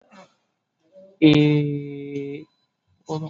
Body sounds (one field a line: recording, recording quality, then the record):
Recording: sustained vowel as in made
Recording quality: excellent, no background noise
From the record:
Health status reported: COVID-19 positive, no symptoms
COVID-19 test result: positive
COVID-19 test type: RT-PCR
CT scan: taken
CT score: 17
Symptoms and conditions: cough, cold, breathing difficulty, fatigue, muscle pain, loss of smell and taste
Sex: male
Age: 28 years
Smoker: no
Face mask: not worn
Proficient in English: yes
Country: India